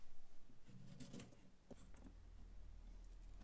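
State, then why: Not seated. A DDR4 memory module is handled and lined up with a motherboard DIMM slot, producing soft rustling, light scraping and a brief tap against a steady low hum. Nothing has seated or clicked into the slot yet.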